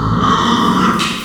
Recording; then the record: squeal of a Yucatan mini pig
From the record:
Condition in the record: after surgery on the right vocal fold (resection and tissue-engineered implant); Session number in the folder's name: 15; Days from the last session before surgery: 175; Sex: female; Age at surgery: 19 weeks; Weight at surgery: 25 kg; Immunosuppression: prednisolone